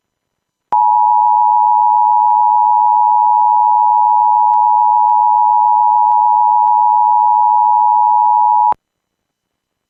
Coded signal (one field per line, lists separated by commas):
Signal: Emergency Alert System (SAME) tones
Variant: 853 and 960 Hz attention tone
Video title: Weekly test filled? (EAS 3) (Please watch this video and read the description)